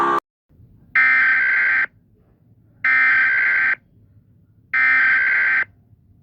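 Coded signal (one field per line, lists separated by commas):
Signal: Emergency Alert System (SAME) tones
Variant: header bursts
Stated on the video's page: Fictional alarms for invented territories, fixed version.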